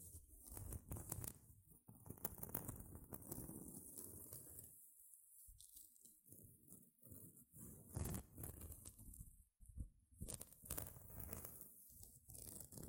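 Gentle scratching runs through the whole clip as dense, irregular rasping with crisp, bright edges and a soft low rumble underneath. It thins out and quiets around five to seven seconds and again near nine and a half seconds, then picks back up in short, uneven bursts.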